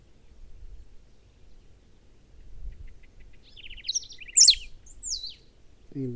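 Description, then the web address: Serin song, a single brief phrase of high, squeaky, sweeping notes with a short buzzy trill, over quiet low background noise. "Serra finch. صدای-پرنده-سهره-سرا"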